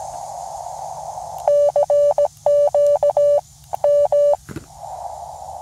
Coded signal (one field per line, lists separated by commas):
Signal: Morse code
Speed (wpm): 17 wpm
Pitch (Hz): 580 Hz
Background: none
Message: CQ M